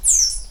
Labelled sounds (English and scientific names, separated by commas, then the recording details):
Stitchbird (Notiomystis cincta) song
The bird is a male
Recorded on Tiritiri Matangi Island, New Zealand, in 2005
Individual 7, of nest box 9